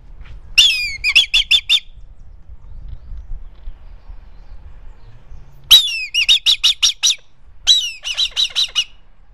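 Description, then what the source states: Eagle calling: bursts of sharp, high, yelping notes, each starting with a shrill note followed by several quick repeated notes, three bursts in total, with quiet low rumble between. Recorded in Ethiopia.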